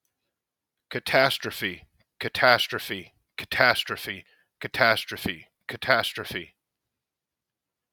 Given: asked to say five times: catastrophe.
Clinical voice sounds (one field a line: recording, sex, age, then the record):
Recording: repeated word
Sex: male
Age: 40 to 49 years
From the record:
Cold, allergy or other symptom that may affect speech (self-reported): no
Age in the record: 43 years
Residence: Virginia, United States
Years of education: 17